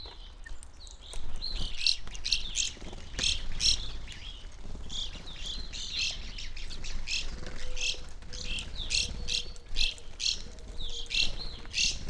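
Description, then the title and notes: Evening grosbeak flock in a steady chorus of chirps, many overlapping in quick uneven bursts, with faint low tones later on. Flock feeding on sunflower seeds from a feeder hanging in a backyard birch tree, relatively warm winter morning, McCloud, Siskiyou County, California; two microphones placed either side of the trunk. "McCloud in Siskiyou County, California. It was a relatively warm winter morning, and a flock of Evening Grosbeaks was busily eating a breakfast of sunflower seeds from a feeder hanging from the branch of a birch tree in my backyard."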